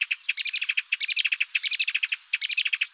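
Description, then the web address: Melodious warbler song: a rapid, chattering stream of varied short notes, some high and squeaky, some lower and scratchy, running almost without pause. "Hippolais polyglotta"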